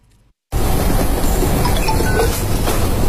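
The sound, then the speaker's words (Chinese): A subway train rumbles loudly and steadily through Zhichunlu station on Metro Line 10 in Beijing, a dense low roar with faint metallic squeals and clinks riding over it, starting abruptly after a brief silence. “在地铁10号线知春路站”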